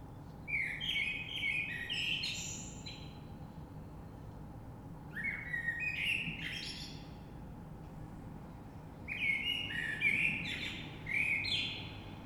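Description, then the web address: Common blackbird singing three mellow fluted phrases, each ending in a high squeaky twitter, with pauses of a few seconds between them. Recorded 3 March 2020. "oiseaux Rush Merle 3-3-2020"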